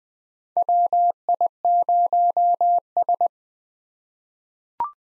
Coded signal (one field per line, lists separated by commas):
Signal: Morse code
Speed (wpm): 20 wpm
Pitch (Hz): 700 Hz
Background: none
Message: WI0S